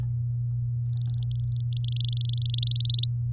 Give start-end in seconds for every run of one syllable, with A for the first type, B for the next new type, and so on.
0.86-2.60 A, 2.62-3.05 B